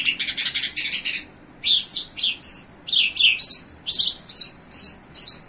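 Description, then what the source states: Bimaculated lark song: rapid high chattering notes, then a pause and a series of sharp, descending slurred chirps. Recorded in Iran.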